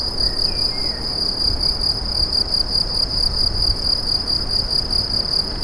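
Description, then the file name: Cricket chirping, a continuous high ringing trill with a brief faint sound near the start and low background rumble. "grillons"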